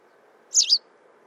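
White wagtail call, a single sharp two-part high chirp lasting about a quarter second over faint low background hum.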